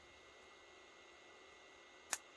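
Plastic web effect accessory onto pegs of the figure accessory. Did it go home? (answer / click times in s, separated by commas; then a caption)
yes / 2.1 s. A plastic web effect accessory for a Hot Toys Spider-Man Video Game Spider-Man 2099 1/6 scale collectible figure is flipped around, lined up with the holes and pushed onto the pegs of the figure accessory. After quiet background hiss, a single sharp click is heard at 2.1 s as the web piece snaps into place and is seated.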